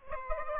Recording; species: mosquito wingbeat signal from an infrared sensor; Aedes albopictus